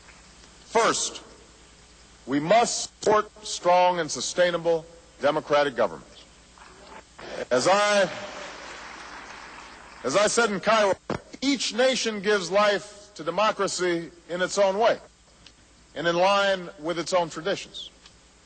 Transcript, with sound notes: First, we must support strong and sustainable democratic governments. (Applause.)
As I said in Cairo, each nation gives life to democracy in its own way, and in line with its own traditions.